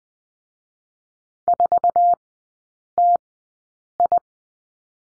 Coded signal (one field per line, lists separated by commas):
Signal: Morse code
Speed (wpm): 20 wpm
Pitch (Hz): 700 Hz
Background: none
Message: 4TI